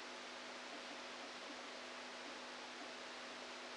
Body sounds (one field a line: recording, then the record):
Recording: brain microelectrode recording played as sound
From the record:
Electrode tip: outside the subthalamic nucleus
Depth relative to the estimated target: -8 mm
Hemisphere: left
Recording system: NeuroSet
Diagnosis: Parkinson's disease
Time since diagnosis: 13 years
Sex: male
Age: 49 years